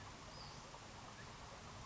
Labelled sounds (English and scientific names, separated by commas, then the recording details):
Western Flycatcher (Empidonax difficilis)
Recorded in Sonoma County, California